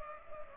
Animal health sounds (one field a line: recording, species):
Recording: mosquito wingbeat signal from an infrared sensor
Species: Culex pipiens